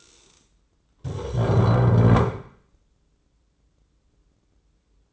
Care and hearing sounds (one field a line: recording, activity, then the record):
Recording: daily activity, microphone in the room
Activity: stand up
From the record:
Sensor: 3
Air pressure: 995.9 hPa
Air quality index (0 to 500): 247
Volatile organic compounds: 1000 ppm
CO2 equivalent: 6309 ppm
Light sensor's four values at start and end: 39/96/42/45 and 38/92/40/43